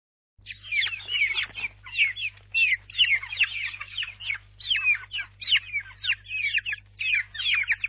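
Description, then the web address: Chicken chicks peeping constantly, a dense flock of high, sharp downslurred cheeps overlapping several times a second, with a faint low hum underneath. Young chicks. "Sound Effects Special FX 2. Chicks"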